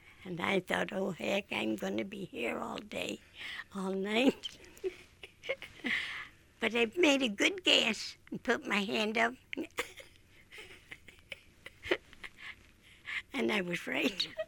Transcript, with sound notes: And I thought, oh heck, I'm going to be here all day, all night. [Laughs] But I made a good guess and put my hand up. [Laughs] And I was right.